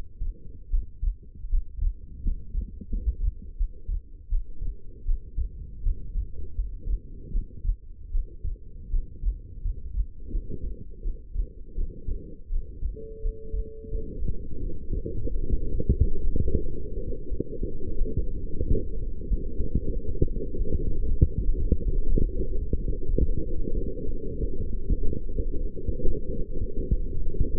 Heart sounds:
heart sounds by stethoscope; 87 bpm
0.69 s: heartbeat
1.48 s: heartbeat
2.22 s: heartbeat
2.89 s: heartbeat
3.56 s: heartbeat
4.28 s: heartbeat
5.04 s: heartbeat
5.82 s: heartbeat
6.54 s: heartbeat
7.31 s: heartbeat
8.10 s: heartbeat
8.89 s: heartbeat
9.61 s: heartbeat
10.30 s: heartbeat
11.01 s: heartbeat
11.74 s: heartbeat
12.49 s: heartbeat
13.21 s: heartbeat
13.90 s: heartbeat
14.59 s: heartbeat
15.29 s: heartbeat
15.95 s: heartbeat
16.59 s: heartbeat
17.28 s: heartbeat
17.98 s: heartbeat
18.64 s: heartbeat
19.27 s: heartbeat
19.92 s: heartbeat
20.57 s: heartbeat
21.20 s: heartbeat
21.83 s: heartbeat
22.47 s: heartbeat
23.09 s: heartbeat
23.73 s: heartbeat
24.37 s: heartbeat
24.98 s: heartbeat
25.61 s: heartbeat
26.25 s: heartbeat
26.88 s: heartbeat
27.50 s: heartbeat
From the record:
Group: healthy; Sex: female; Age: 19 years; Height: 163 cm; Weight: 51 kg

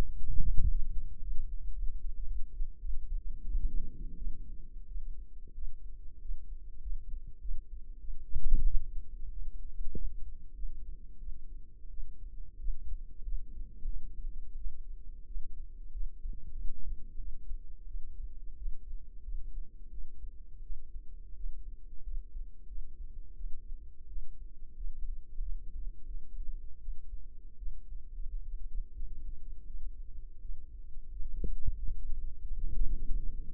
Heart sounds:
heart sounds by microphone in the right ear; 91 bpm
0.19 s: heartbeat
0.71 s: heartbeat
1.23 s: heartbeat
1.75 s: heartbeat
2.27 s: heartbeat
2.81 s: heartbeat
3.46 s: heartbeat
4.18 s: heartbeat
4.88 s: heartbeat
5.54 s: heartbeat
6.22 s: heartbeat
6.82 s: heartbeat
7.41 s: heartbeat
8.01 s: heartbeat
8.65 s: heartbeat
9.32 s: heartbeat
9.95 s: heartbeat
10.55 s: heartbeat
11.19 s: heartbeat
11.90 s: heartbeat
12.60 s: heartbeat
13.24 s: heartbeat
13.86 s: heartbeat
14.57 s: heartbeat
15.27 s: heartbeat
15.93 s: heartbeat
16.55 s: heartbeat
17.18 s: heartbeat
17.87 s: heartbeat
18.58 s: heartbeat
19.24 s: heartbeat
19.91 s: heartbeat
20.62 s: heartbeat
21.36 s: heartbeat
22.03 s: heartbeat
22.68 s: heartbeat
23.36 s: heartbeat
24.08 s: heartbeat
24.76 s: heartbeat
25.42 s: heartbeat
26.07 s: heartbeat
26.80 s: heartbeat
27.58 s: heartbeat
28.28 s: heartbeat
28.94 s: heartbeat
29.66 s: heartbeat
30.41 s: heartbeat
31.12 s: heartbeat
31.78 s: heartbeat
32.42 s: heartbeat
33.05 s: heartbeat
From the record:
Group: healthy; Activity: rest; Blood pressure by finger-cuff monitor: 142/82 mmHg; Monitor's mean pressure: 102 mmHg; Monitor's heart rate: 88 bpm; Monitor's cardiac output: 8.3 L/min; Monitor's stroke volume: 93 mL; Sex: female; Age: 22 years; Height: 161 cm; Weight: 65.5 kg

